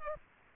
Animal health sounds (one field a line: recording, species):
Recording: mosquito wingbeat signal from an infrared sensor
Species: Culex pipiens